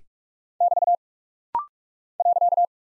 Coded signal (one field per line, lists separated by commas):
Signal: Morse code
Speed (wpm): 44 wpm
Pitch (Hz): 700 Hz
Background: none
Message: <BT> .